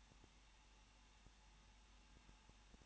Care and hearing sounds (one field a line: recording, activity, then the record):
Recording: daily activity, microphone in the room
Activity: no activity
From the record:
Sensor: 1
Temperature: 20.1 degrees Celsius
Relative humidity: 39.1%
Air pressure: 1006.5 hPa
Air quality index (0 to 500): 217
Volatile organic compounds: 73 ppm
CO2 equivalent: 3547 ppm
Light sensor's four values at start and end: 1/2/1/1 and 1/2/1/1